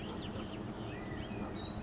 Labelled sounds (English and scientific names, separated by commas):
California Quail (Callipepla californica)